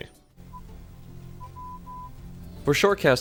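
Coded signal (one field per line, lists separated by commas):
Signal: none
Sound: fishing game's cast beeps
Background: speech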